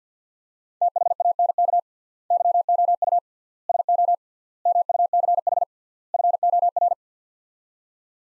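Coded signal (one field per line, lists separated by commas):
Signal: Morse code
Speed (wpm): 50 wpm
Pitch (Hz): 700 Hz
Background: none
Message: THANK YOU SO MUCH FOR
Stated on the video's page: Morse practice drill of five-word sets at 50 wpm with 3x word spacing, a Farnsworth-like method, each set followed by speech.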